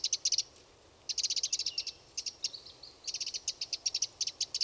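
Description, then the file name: Eurasian wren song in several bursts of very fast, high, ticking trills, separated by short gaps and a few softer notes. "Troglodytes troglodytes"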